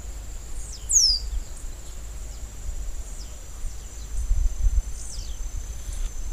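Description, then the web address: Copper seedeater with one clear, piercing descending whistle near the start, followed by a few faint high chips over low rumbling background noise. "sound Copper-seedeater. صدای-پرنده-دانه-خوار-مسی"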